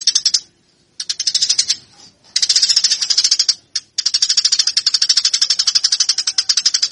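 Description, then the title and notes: Eurasian tree sparrow giving long, dense runs of rapid, scratchy chirps, broken by a few brief pauses and then running almost continuously to the end. Fighting call of the Eurasian tree sparrow, a master track used for training birds. "MASTER GEREJA TARUNG. burung gereja"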